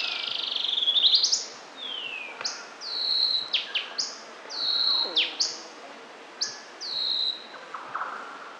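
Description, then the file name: Yellow-breasted boatbill calls: thin high whistled notes, some sliding down, others sharp and abrupt, in irregular groups against a steady background hiss. Papua New Guinea. "Mach Flav"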